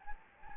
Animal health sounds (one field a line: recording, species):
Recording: mosquito wingbeat signal from an infrared sensor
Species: Anopheles gambiae